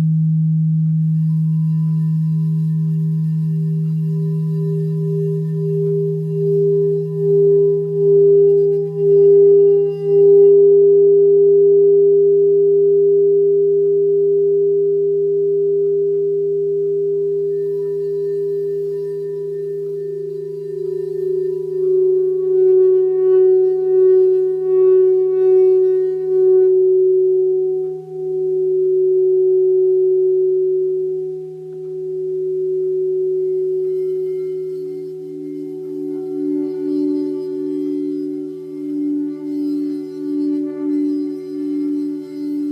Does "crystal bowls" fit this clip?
yes